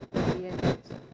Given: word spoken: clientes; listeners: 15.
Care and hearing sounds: one Spanish word in noise, from a listening test; noise modulated by one talker; -11.5 dB; 1 of 15; 10 of 15; 0.74 s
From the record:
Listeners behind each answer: 10, 1, 1, 1, 1, 1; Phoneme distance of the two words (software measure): 17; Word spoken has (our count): 2 syllables, 8 phonemes, stress on syllable 1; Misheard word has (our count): 2 syllables, 7 phonemes, stress on syllable 1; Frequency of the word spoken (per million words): 42.82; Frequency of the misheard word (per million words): 42.73

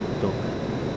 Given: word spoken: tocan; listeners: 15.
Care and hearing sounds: one Spanish word in noise, from a listening test; speech-shaped noise; -4.4 dB; 3 of 15; 11 of 15; 0.57 s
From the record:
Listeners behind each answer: 11, 3, 1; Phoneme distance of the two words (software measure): 7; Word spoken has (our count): 2 syllables, 5 phonemes, stress on syllable 1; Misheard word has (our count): 2 syllables, 4 phonemes, stress on syllable 1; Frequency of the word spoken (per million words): 6.84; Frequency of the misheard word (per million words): 30.01

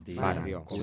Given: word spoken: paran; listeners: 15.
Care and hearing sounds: one Spanish word in noise, from a listening test; four-talker babble; 0.7 dB; 0 of 15; 8 of 15; 0.43 s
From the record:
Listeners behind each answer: 8, 1, 1, 1, 1, 1, 1, 1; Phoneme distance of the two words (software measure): 7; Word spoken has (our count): 2 syllables, 5 phonemes, stress on syllable 1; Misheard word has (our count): 2 syllables, 4 phonemes, stress on syllable 1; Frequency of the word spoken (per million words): 2.78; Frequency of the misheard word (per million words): 6962.26

